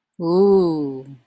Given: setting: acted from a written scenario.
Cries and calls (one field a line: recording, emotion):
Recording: vocal sound without words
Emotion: contentment